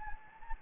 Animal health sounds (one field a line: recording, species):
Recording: mosquito wingbeat signal from an infrared sensor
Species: Anopheles gambiae